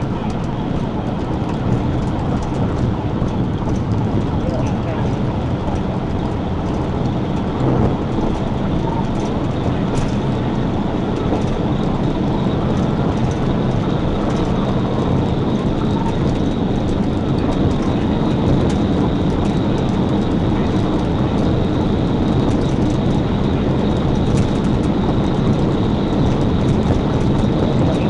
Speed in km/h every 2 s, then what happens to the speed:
179, 182, 185, 192, 198, 203, 208, 209, 212, 221, 221, 221, 222, 222.
0-18 speeds up to 221. 18-28 steady at about 221.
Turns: none.